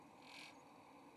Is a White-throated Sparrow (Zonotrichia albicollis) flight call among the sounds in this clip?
no